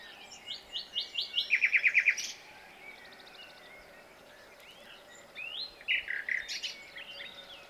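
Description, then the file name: Common nightingale song with a few rising whistled notes leading into a buzzy, fast trill, a pause, then another stuttering phrase of chirps and trilled notes. "Luscinia megarhynchos"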